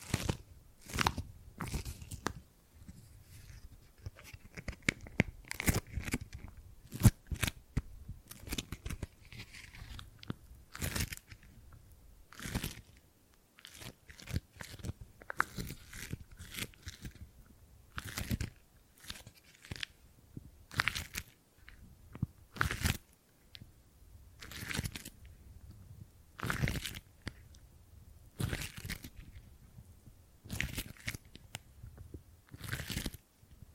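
Gripping and grabbing sounds come as sharp, crunchy bursts of handling noise at irregular intervals, sometimes clustered, with short quiet gaps between.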